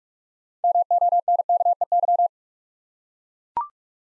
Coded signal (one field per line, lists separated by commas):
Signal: Morse code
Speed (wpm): 44 wpm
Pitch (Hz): 700 Hz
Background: none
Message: MONKEY